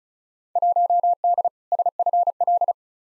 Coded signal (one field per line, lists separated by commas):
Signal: Morse code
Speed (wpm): 36 wpm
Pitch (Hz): 700 Hz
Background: none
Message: 1D SFL